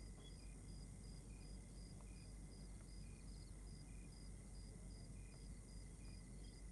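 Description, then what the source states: Crickets chirp in quick, repeated high pulses, several insects overlapping, with occasional faint clicks and a steady low rumble throughout. Outdoor night ambience in Rwanda.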